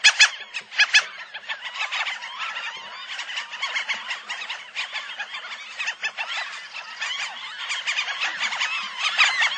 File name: Franklin's Gull